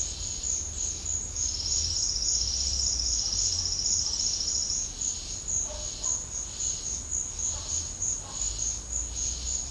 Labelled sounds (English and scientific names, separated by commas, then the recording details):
none
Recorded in secondary vegetation near Puerto Asís, Putumayo, Colombia, on 13 March 2025 at 12:00
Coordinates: 0.484, -76.319
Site G010